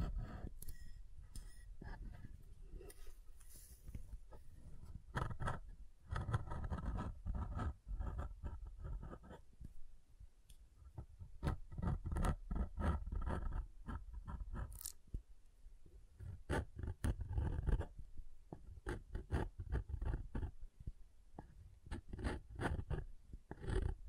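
Soft and hard soap being tapped and carved, with dense, irregular clicks and scrapes riding over a low, rumbling scratch. The activity comes in busy bursts, easing briefly around ten seconds before picking up again, with a few sharp, bright taps standing out.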